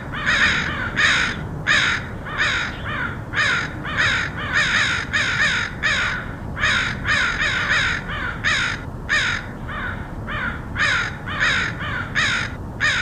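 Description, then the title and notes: Crows cawing, many harsh caws in quick irregular succession from several birds, overlapping at times, over a low steady background rumble. Crows recorded in Portland, Oregon, in August 2003. "Crows of Portland. Crows recorded by Dan Bodah in Portland, OR, August 2003"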